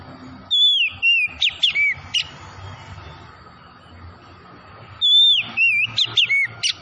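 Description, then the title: Oriental magpie-robin song in two bursts of clear whistles and quick sweeping notes, separated by a pause with low background hum. Tretes variety, singing vigorously (gacor). "Kacer Tretes Gacor"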